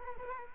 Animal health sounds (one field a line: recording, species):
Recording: mosquito wingbeat signal from an infrared sensor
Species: Culex quinquefasciatus